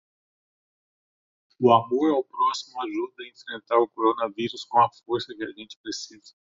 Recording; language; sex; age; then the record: spoken sentence; Brazilian Portuguese; male; 50 to 59 years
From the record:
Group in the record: control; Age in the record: 54 years